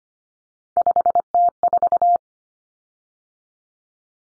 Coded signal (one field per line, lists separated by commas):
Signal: Morse code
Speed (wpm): 25 wpm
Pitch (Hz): 700 Hz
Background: none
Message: 5T4